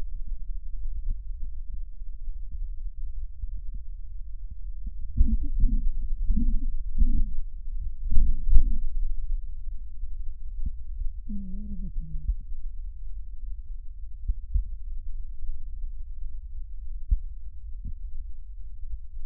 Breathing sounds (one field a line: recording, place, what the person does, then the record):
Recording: lung sounds by stethoscope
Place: left posterior basal chest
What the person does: quiet breathing, then cough and speech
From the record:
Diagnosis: asthma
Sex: female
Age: 65 years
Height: 157 cm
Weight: 70.2 kg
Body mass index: 28.5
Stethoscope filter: bell mode